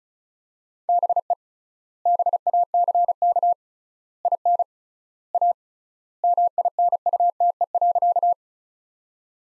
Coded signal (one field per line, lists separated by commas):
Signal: Morse code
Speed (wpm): 36 wpm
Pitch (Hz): 700 Hz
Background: none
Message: BE BACK IN A MINUTE.